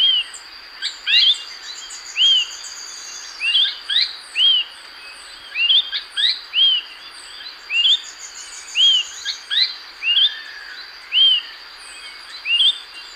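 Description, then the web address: Smoke-colored Pewee singing a rapid run of arched whistled notes, often in pairs, repeated steadily over a constant high insect drone. Ecuador. "Birds of Ecuador. Smoke-colored Pewee"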